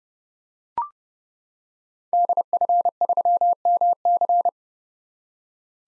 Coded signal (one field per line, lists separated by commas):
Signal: Morse code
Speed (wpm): 32 wpm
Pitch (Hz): 700 Hz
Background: none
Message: DF3MC